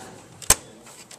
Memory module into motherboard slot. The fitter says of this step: insert it back you just slide it in and it snaps into place